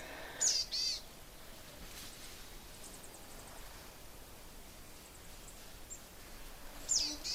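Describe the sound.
Boreal chickadee giving hoarse, buzzy two-part calls at the start and again near the end, separated by a long quiet stretch of hiss.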